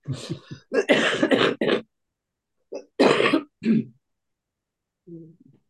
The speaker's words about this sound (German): Nein, immer noch mein alter Husten.